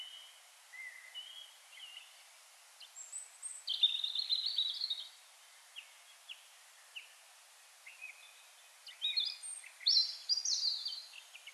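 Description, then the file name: European robin song: scattered high whistled notes building into several tinkling, warbled bursts, heard over constant background hiss. "Erithacus rubecula"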